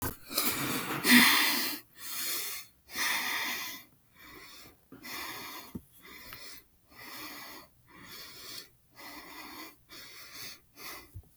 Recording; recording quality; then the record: shallow breathing; excellent, no background noise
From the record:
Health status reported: exposed to COVID-19, no respiratory illness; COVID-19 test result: negative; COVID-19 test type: RT-PCR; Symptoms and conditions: cough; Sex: female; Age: 24 years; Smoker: no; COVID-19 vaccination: both doses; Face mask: not worn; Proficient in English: yes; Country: United States